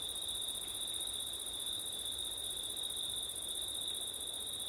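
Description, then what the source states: A chorus of crickets gives a level, piercing trill throughout, with soft wind underneath. Crickets singing on a windy September night; ORTF recording.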